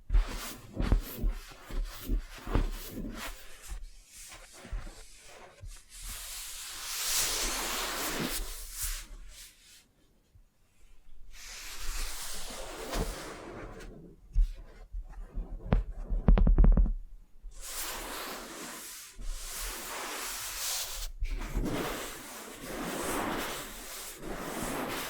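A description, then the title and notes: A quiet wax facial treatment: soft rubbing and smearing sounds come in bursts, with bright, hissy strokes around 6–9 seconds, 12–14 seconds, and from 17 seconds on. Scattered small taps and clicks fill the start, and near-silent pauses separate the passes. ASMR Tingly Wax Facial Spa Treatment for Sleep (No Talking).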